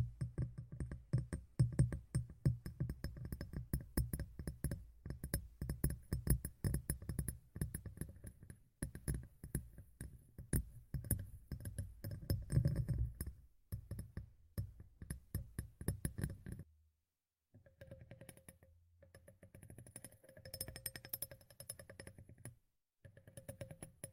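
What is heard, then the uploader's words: Close, rapid tapping close to the ear, dense and fast like a rattling drumroll with a deep thudding body. It pauses briefly near 9 and 17 seconds, then continues lighter and more spaced, with a faint ringing tone under the taps. ASMR Tapping in Your Ear (No Talking).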